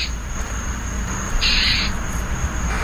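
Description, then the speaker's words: Northern Mockingbird scolding, a harsh, raspy burst lasting about half a second, with parts of others at the start and end, over low traffic rumble and a thin high whine. Angry mockingbird yelling at and swooping a roaming pet cat at dusk in a Tuscaloosa neighborhood, with cars passing. "And that sound is a really angry mockingbird."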